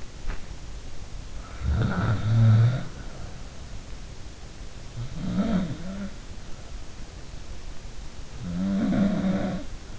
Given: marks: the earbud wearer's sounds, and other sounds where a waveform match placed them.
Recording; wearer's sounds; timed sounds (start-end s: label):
sounds in sleep by an in-ear microphone; body movement
0.00-0.62 s: body movement
1.25-3.83 s: sound from someone else or the room
4.76-7.59 s: sound from someone else or the room
8.19-9.99 s: sound from someone else or the room